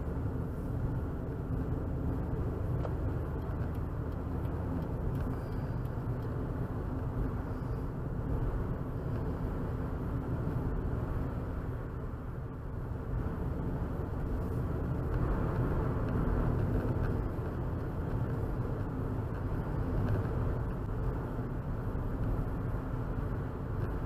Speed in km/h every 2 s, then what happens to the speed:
74, 77, 79, 77, 76, 76, 76, 76, 82, 82, 82, 81.
0-14 steady at about 76. 14-16 speeds up to 82. 16-24 steady at about 82.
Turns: none.